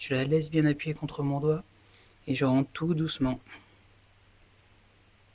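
A hand-cut nano SIM card, cut down from a micro SIM, is held pressed against a finger and slowly slid into a trayless phone SIM slot. Someone talks through the first 3.5 seconds, then it is quiet apart from a faint tick at 4.0 s. Nothing has seated or clicked yet.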